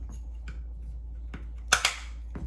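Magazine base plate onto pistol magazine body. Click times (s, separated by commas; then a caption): 1.7 s. A plastic base (butt) plate is slid back onto a pistol magazine body, with faint ticks of handling at 1.3 s and then a sharp click at 1.7 s as the plate locks in place. A second, slightly softer snap follows at 1.9 s and another faint tick at 2.4 s, over a steady low hum.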